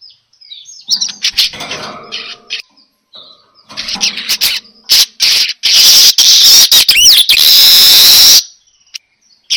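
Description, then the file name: Weaver chattering song: softer scattered twitters at first, building into a long, loud, sizzling buzzy burst with a swooping whistled note near the end. Lure sound (pancingan) of a weaver (manyar) singing persistently (gacor). "Suara Pancingan Burung Manyar Gacor Dor"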